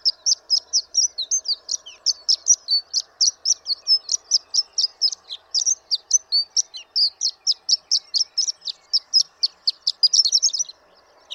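Horned lark song: a long, even run of high, clipped tinkling notes, ending in a quick jumbled flourish before falling silent.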